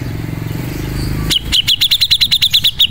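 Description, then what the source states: Grey-cheeked bulbul giving a rapid series of sharp, ticking high notes, evenly spaced and rather mechanical, following a low humming background. Masteran (tutor) recording of the cucak jenggot, used as training audio for caged birds.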